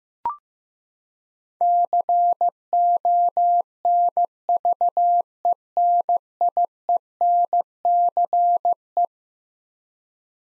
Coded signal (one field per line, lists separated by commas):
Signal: Morse code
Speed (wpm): 15 wpm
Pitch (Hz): 700 Hz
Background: none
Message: CONVENIENCE